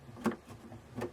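A plastic grind-adjustment part on a refitted burr grinder assembly in a Saeco Vienna Plus superautomatic espresso machine is turned from 0 after the assembly is set in place. It gives a sharp click at 0.3 s, showing it has engaged the grinder gear below, with a fainter click near 1.0 s.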